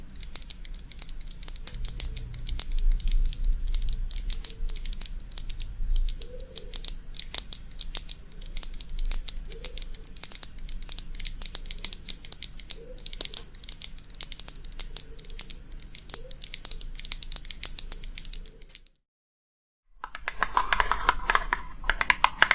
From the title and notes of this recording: ASMR Relaxing Tapping for the BEST Sleep & Tingles long nails + no talking.